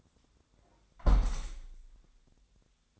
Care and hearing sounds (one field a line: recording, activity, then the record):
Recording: daily activity, microphone in the room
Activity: close window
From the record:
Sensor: 3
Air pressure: 1000.4 hPa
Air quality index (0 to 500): 133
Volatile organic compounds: 2 ppm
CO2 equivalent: 1160 ppm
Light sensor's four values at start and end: 14/37/15/16 and 13/36/14/16